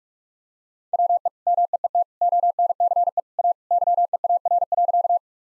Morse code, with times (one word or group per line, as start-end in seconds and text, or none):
0.9-1.3 WE
1.5-2.0 MEET
2.2-3.2 ONCE
3.4-3.5 A
3.7-5.2 YEAR.